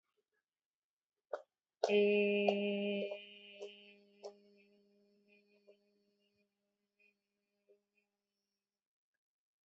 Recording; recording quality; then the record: sustained vowel as in made; excellent, no background noise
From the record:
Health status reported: healthy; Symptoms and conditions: none ticked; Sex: female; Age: 32 years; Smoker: not ticked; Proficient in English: yes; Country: India